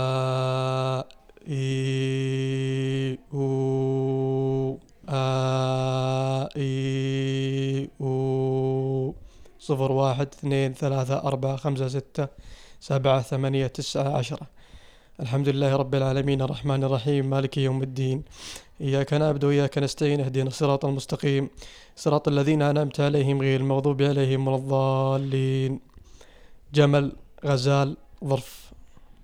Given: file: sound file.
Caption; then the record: This is recording of a 20 years old male subject who is suffering from sulcus. The subject has no habit of smoking, perceptual severity is 1 and recording is done before surgery.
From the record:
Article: Development of the Arabic Voice Pathology Database and Its Evaluation by Using Speech Features and Machine Learning Algorithms